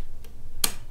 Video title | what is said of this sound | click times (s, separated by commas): Baby Lock Sashiko quilting techniques with Richard Tharp Episode 1 | And it's going to go and it'll click. There's a little groove right here. It'll click down into it. | 0.6 s